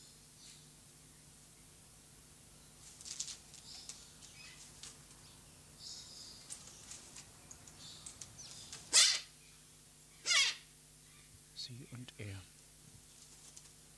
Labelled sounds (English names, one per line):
Silvery-cheeked Hornbill call